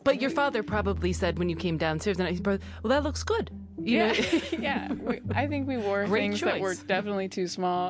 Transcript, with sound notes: But your father probably said when you came downstairs, you know, he’s both – “Well, that looks good.”
Yeah, yeah.
[chuckle] Great choice.
I think we wore things that were definitely too small.